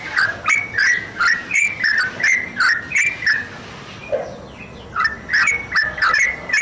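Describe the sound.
Bird delivering a run of clicky whistled notes, pausing for about a second midway, then resuming the same rapid series.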